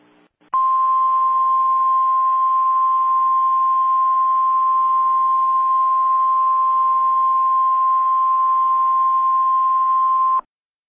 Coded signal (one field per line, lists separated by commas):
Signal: Emergency Alert System (SAME) tones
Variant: 1050 Hz attention tone